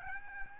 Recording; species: mosquito wingbeat signal from an infrared sensor; Aedes albopictus